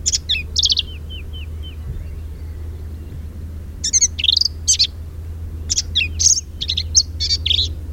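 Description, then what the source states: Black-capped vireo singing choppy, varied phrases of squeaky and buzzy notes, including a brief run of repeated soft chips early on, then a quiet gap before more bursts. Recorded 10 May 2007.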